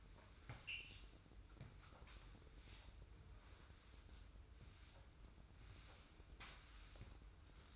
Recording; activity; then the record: daily activity, microphone in the room; sweep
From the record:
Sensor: 2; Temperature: 25.1 degrees Celsius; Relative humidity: 45.4%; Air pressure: 990.3 hPa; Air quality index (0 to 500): 210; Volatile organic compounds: 1000 ppm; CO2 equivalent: 6742 ppm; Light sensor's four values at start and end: 31/72/29/29 and 29/69/28/28